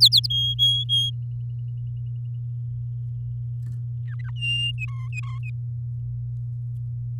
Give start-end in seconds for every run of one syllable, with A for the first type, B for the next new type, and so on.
0.00-0.27 A, 0.30-1.10 B, 4.07-4.30 C, 4.36-4.71 D, 4.78-5.38 E